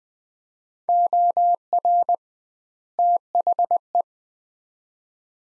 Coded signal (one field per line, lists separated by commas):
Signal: Morse code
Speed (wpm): 20 wpm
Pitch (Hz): 700 Hz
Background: none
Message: OR THE